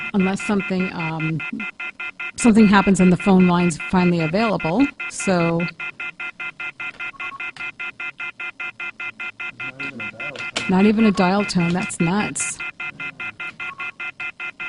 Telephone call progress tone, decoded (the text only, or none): off-hook warning tone